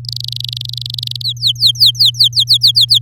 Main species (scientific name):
Serinus canaria